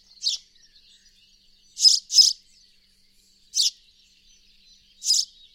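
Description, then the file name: House sparrow chirps: five short, high chirps spaced irregularly, two close together in the middle, over a quiet background. "Passer domesticus"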